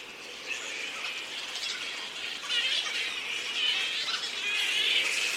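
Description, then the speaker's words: Grey-headed flying foxes chattering as a colony, a dense wash of high squeaky, screechy calls overlapping continuously, louder in the second half. Many grey-headed flying foxes, a colony of about 15,000, at twilight in a regional park in Sydney, Australia, preparing to leave the roost. "And this is the sound of many grey-headed flying foxes."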